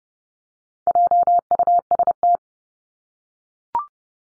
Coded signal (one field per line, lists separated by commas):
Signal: Morse code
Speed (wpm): 30 wpm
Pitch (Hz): 700 Hz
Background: none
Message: JUST